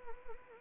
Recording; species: mosquito wingbeat signal from an infrared sensor; Anopheles arabiensis